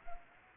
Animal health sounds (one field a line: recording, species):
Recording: mosquito wingbeat signal from an infrared sensor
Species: Anopheles gambiae